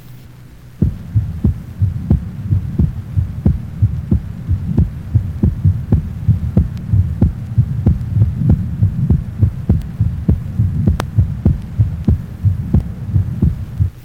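A steady run of crisp heart sounds at roughly 90 beats a minute over a low hum, with a brief rustle at the end. In a 16-year-old, the second heart sound is loud at the left sternal border area, a normal finding.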